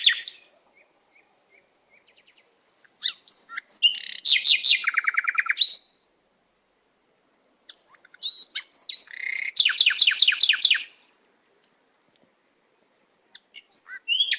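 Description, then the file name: Canary singing: soft repeated notes, then two loud phrases of fast trills and sweeping chirps, separated by quiet gaps. "Canary Voice"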